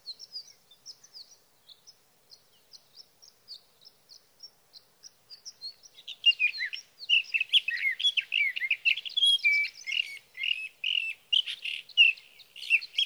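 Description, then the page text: Sage thrasher song, faint high ticking notes at first, then a long, dense, jumbled warble of rapid varied phrases pouring out without pause. Male singing near his night roost through three nights, evening of June 12 to morning of June 15, 2018, Sierra Valley, California; Swift recorder placed near roost; night songs. "Birdsong for the Curious Naturalist: Explore #7. 61. Sage thrasher songs, through the night"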